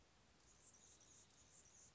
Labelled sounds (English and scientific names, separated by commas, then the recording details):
Anna's Hummingbird (Calypte anna)
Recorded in Sonoma County, California